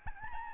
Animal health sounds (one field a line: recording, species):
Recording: mosquito wingbeat signal from an infrared sensor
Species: Aedes albopictus